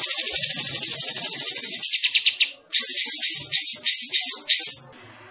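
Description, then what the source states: Bulbul delivering a continuous high, buzzy trilled song, breaking into short pulsed phrases after a brief pause, then falling quiet. Singing actively, described as gacor.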